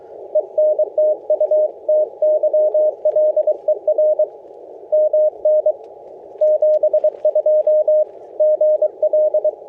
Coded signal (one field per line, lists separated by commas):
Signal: Morse code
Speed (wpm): 23 wpm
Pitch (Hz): 610 Hz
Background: radio noise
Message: ENTU TYLER MN 72 GL